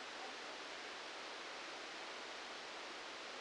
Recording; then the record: brain microelectrode recording played as sound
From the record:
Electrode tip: outside the subthalamic nucleus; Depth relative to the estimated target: -6 mm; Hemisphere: left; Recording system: NeuroSet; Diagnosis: Parkinson's disease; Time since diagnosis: 19 years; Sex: female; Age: 69 years